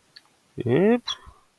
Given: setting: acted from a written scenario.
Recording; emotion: vocal sound without words; embarrassment